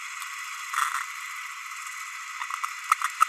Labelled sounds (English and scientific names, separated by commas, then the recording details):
Green-rumped Parrotlet (Forpus passerinus) babbling
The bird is a male
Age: 30 days
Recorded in a nest box in Venezuela
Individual 17B32A6